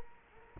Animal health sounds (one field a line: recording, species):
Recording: mosquito wingbeat signal from an infrared sensor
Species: Culex quinquefasciatus